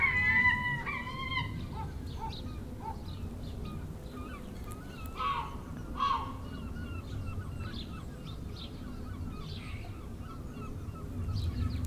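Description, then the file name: Gulls calling, a few loud mewing cries at the start, then scattered quieter calls over a steady low rumble. Recorded 10 August 2006. "20060810 Seagulls"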